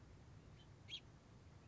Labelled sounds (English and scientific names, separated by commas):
Song Sparrow (Melospiza melodia)